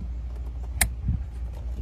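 A plastic T-tap insulation-displacement connector is closed over a vehicle wire and snaps shut with one sharp, bright click at 0.8 s, over a steady low hum. The connector is fully seated, with its plastic tab locked on both sides.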